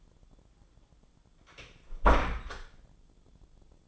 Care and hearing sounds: daily activity, microphone in the room; close door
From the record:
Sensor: 5

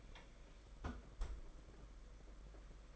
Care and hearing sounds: daily activity, microphone in the room; close fridge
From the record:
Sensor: 5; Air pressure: 992.0 hPa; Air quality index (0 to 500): 200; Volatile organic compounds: 1000 ppm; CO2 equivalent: 5775 ppm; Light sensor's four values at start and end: 30/101/37/40 and 30/102/38/40

